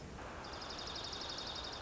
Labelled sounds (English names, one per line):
Dark-eyed Junco